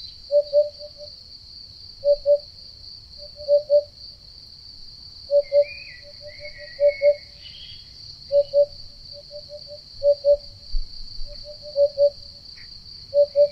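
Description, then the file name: Eurasian hoopoe giving soft paired and tripled 'oop' hoots, repeated roughly every one and a half seconds, with quieter extra notes between; a constant high cricket-like trill runs underneath. "Chant-de-la-Huppe-fasciée-Upupa-Epops"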